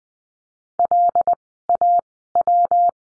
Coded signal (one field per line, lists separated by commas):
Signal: Morse code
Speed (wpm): 20 wpm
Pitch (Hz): 700 Hz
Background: none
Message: LAW